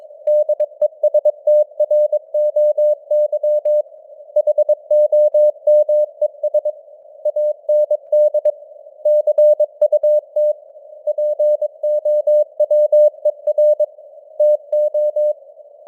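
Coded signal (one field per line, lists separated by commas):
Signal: Morse code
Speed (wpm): 22 wpm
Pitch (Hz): 600 Hz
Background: none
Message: DESTROY HOMES AND CUT POWER TO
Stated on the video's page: Morse code news headlines at 22 wpm with simulated radio noise and varying signal strength (QSB).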